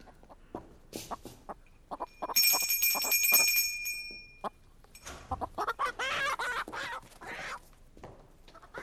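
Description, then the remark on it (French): A service bell, rung by the lady of the house to call her maid, rings for about two seconds, a bright, high, steady metallic tone, set among bursts of clucking and squawking from chickens before and after it. “Madame a sonné.”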